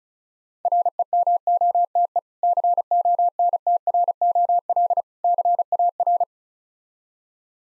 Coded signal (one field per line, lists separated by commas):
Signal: Morse code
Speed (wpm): 36 wpm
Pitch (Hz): 700 Hz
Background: none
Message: REMOTE CONTROL CAR